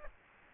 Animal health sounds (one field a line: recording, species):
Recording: mosquito wingbeat signal from an infrared sensor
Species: Aedes aegypti